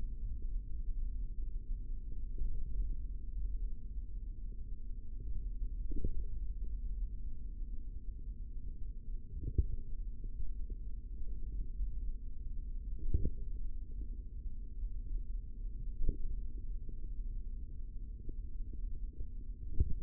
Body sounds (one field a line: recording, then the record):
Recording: forearm muscle sounds (acoustic myography)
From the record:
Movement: tripod grip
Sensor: system 3, bracelet of six PUI Audio POM-2738L microphones around the upper forearm, with dedicated amplification and filtering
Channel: 4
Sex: male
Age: 25 years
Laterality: right